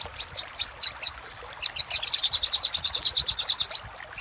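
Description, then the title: Little spiderhunter singing a few spaced, piercing chips, a brief pause, then a long, quick, steady train of high notes. Master recording used to train cage birds; labelled Labaik. "Masteran Burung Sogok Ontong Labaik"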